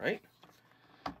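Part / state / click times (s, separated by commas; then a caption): marker parts into marker barrel in press unit / seated / 1.1 s. Plastic marker parts are pressed into the marker barrel in the press unit of a Crayola Marker Maker kit. Someone talks briefly at the start, then a sharp click at 1.1 s marks the marker seating.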